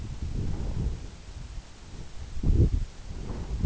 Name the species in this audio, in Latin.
none